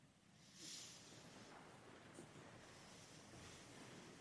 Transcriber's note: footsteps